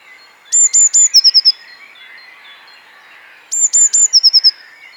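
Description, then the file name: Eurasian blue tit song, two phrases about three seconds apart: high sharp 'tsee' notes, then a rapid buzzy trill slightly lower in pitch, with birds calling. "Cyanistes caeruleus"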